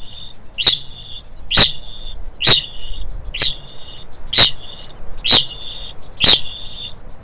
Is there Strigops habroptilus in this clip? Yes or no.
yes